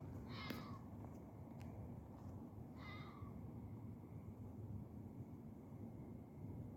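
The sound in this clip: Animal calls: two short, harsh, ringing notes about two and a half seconds apart, over a steady low rumble of background noise.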